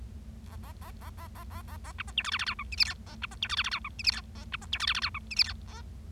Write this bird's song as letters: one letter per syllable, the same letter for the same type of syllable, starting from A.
A A A A A A A A A B C D E F F G H I J K A B C D E F F G H I J K A B C D E F F G H I J K A